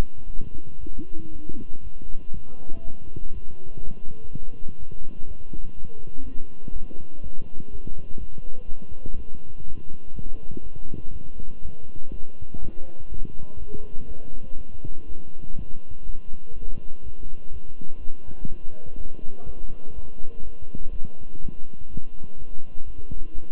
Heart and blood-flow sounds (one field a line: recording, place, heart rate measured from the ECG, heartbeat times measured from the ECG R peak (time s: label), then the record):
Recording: heart sounds by stethoscope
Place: between the tricuspid and mitral areas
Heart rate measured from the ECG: 122 bpm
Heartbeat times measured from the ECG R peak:
0.26 s: heartbeat
0.79 s: heartbeat
1.32 s: heartbeat
1.83 s: heartbeat
2.33 s: heartbeat
2.84 s: heartbeat
3.33 s: heartbeat
3.83 s: heartbeat
4.31 s: heartbeat
4.79 s: heartbeat
5.27 s: heartbeat
5.75 s: heartbeat
6.23 s: heartbeat
6.72 s: heartbeat
7.22 s: heartbeat
7.71 s: heartbeat
8.19 s: heartbeat
8.68 s: heartbeat
9.16 s: heartbeat
9.66 s: heartbeat
10.14 s: heartbeat
10.62 s: heartbeat
11.12 s: heartbeat
11.61 s: heartbeat
12.10 s: heartbeat
12.59 s: heartbeat
13.08 s: heartbeat
13.58 s: heartbeat
14.08 s: heartbeat
14.57 s: heartbeat
15.07 s: heartbeat
15.57 s: heartbeat
16.05 s: heartbeat
16.54 s: heartbeat
17.03 s: heartbeat
17.52 s: heartbeat
18.00 s: heartbeat
18.48 s: heartbeat
18.96 s: heartbeat
19.45 s: heartbeat
19.94 s: heartbeat
20.43 s: heartbeat
20.91 s: heartbeat
21.40 s: heartbeat
21.89 s: heartbeat
22.38 s: heartbeat
22.86 s: heartbeat
23.34 s: heartbeat
From the record:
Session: walking at 3.7 km/h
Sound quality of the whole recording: good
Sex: male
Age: 23 years